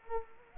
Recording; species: mosquito wingbeat signal from an infrared sensor; Culex quinquefasciatus